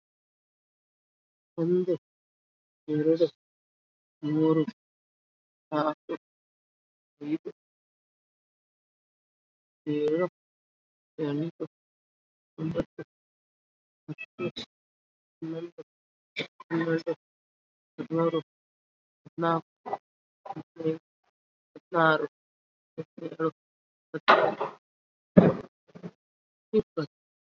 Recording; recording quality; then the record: counting at a fast pace; moderate, slight background noise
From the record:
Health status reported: COVID-19 positive, moderate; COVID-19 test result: positive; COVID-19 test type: RT-PCR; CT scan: not taken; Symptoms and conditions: cough, cold, breathing difficulty, fever, fatigue, muscle pain, loss of smell and taste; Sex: female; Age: 57 years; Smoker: no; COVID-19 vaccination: both doses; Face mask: not worn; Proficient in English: no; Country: India